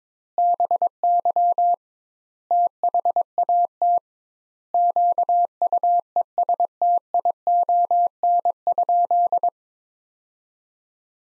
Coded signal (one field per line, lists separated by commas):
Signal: Morse code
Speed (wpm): 22 wpm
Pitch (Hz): 700 Hz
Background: none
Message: BY THAT QUESTION?